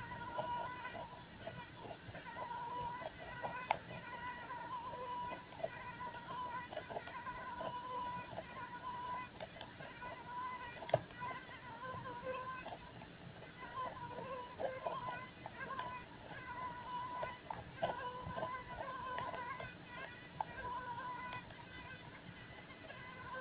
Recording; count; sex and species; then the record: mosquito flight sound in a plastic cup; one mosquito; female Aedes aegypti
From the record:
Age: 1 day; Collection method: oviposition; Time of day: 16:28